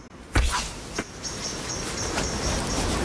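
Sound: arrow shot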